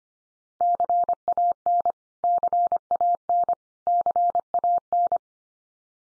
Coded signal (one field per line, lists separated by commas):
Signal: Morse code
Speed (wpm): 25 wpm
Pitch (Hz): 700 Hz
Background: none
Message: CAN CAN CAN